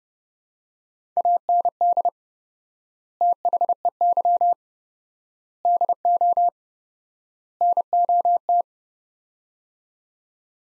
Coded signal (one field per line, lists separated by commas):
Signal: Morse code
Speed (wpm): 30 wpm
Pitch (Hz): 700 Hz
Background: none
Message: AND THEY DO NOT